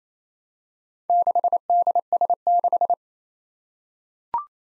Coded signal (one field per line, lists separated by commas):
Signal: Morse code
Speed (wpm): 27 wpm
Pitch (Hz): 700 Hz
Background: none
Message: 6DS6